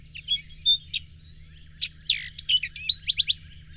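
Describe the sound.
Bird song of scattered chirps and clear whistled notes, ending in a rapid series of short sharp notes, over a low background hum.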